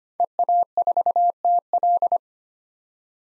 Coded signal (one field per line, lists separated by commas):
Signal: Morse code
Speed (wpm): 25 wpm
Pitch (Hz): 700 Hz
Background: none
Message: EA4TL